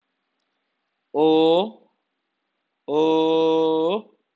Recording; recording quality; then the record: sustained vowel as in boot; excellent, no background noise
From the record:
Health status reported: healthy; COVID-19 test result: negative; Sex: male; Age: 23 years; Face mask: not worn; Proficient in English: yes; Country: India